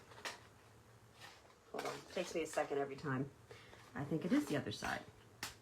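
A thin metal cutting die is flipped after first being tried on the wrong side and pressed into a plastic hybrid embossing folder while someone talks. One sharp click at 5.4 s marks the die snapping into the folder and locking in place.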